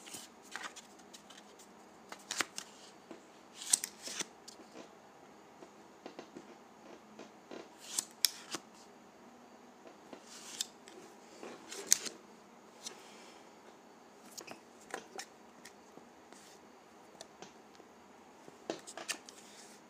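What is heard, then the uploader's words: Dry putty being handled, with a steady stream of small crinkly, crackling clicks and soft presses. Sharper bright snaps stand out every second or two, clustering near 2–4, 8, 10 and 12 seconds, over a quiet, low hush. ASMR Dry Putty.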